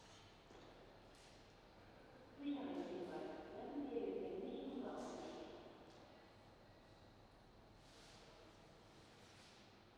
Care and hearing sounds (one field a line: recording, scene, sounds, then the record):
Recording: everyday scene through a hearing-aid microphone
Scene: reverberant space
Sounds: announcement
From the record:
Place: railway station hall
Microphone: in the ear canal, right